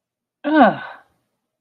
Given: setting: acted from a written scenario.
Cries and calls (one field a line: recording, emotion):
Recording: vocal sound without words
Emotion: contempt